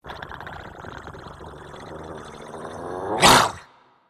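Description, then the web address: Dog growling, a low steady rumbling snarl lasting about three seconds, then one sudden loud harsh outburst that cuts off into silence. Dog attack. "Ian Hubball Dog Attack"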